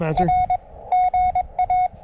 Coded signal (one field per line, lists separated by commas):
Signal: Morse code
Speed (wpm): 22 wpm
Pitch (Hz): 730 Hz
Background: speech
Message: R GA